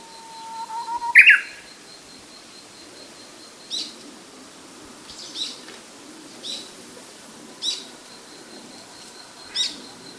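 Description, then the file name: Japanese bush warbler delivers a sustained whistle ending in a sharp, rising flourish; afterwards faint brief high chirps recur every second or two against background noise. "uguisu"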